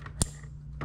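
A fuel line quick-connect fitting, uncapped on a second fuel line end, is pushed onto the ethanol sensor fuel line. It clicks on sharply at 0.2 s, and a softer tap follows near 0.8 s over a low steady hum. The fitting is seated.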